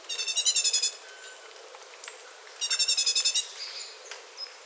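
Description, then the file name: Great tit giving a harsh churring rattle of quick pulses, then another after about two seconds, with soft faint chirps trailing off. "Parus major"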